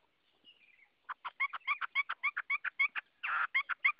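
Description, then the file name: Chinese hwamei song: a soft falling whistle, then a fast series of loud repeated two-toned notes, with one harsh burst. Song in the 'forest voice' (giọng rừng) style. "Tieng hoa mi hot giong rung"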